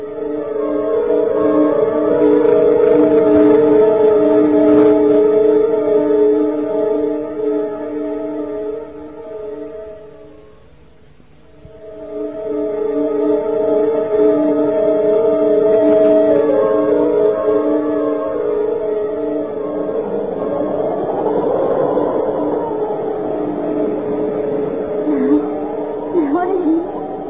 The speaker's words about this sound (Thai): ขณะที่เขาทั้งสองและบุตรน้อยเดินทางมาถึงกลางป่าใหญ่ก็พอดีเป็นเวลาใกล้ค่ำขณะนั้นเกิดลมพายุใหญ่ส่งเสียงอู้อ้าหน้าหวาดกลัวไม่ช้าฝนก็ไหลหลั่งเทลงมา